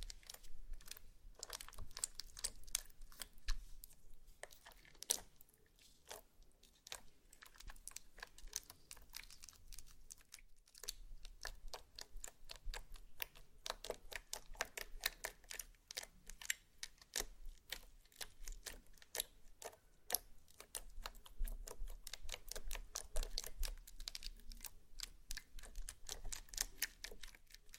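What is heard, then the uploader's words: Slime being squeezed and poked makes a dense run of sharp little clicks, pops and crackles, fast and irregular, like rapid tapping. The crackling goes on almost throughout, with a brief lull near ten seconds, over a low steady rumble underneath. ASMR SLIME! 5 Satisfying Slimes.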